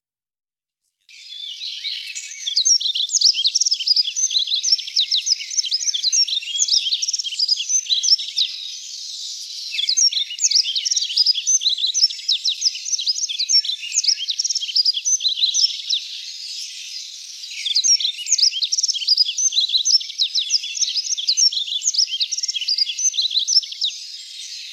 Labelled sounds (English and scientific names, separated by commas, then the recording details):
Yellow-throated Bunting (Emberiza elegans) song
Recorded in the wild
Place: Ussuriskij-Reservat, RU
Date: 1994-06-08
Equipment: Dat-Recorder Casio DA 7, Telinga DAT, Telinga-Parabolspiegel
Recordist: Schwarz, Dieter
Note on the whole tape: Song